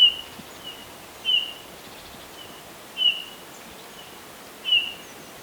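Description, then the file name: Eurasian bullfinch calling with brief, soft, whistled notes at irregular intervals against a constant hiss. "Pyrrhula pyrrhula"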